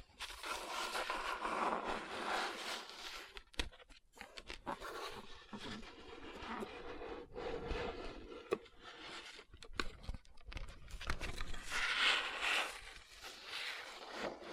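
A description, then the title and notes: Fingers tap and rub rhinestone-covered palms, giving dense, gritty scraping with crackly clicks, brief gaps near four and ten seconds, and a brighter stretch around twelve. Tapping & Rubbing Rhinestone Covered Palms.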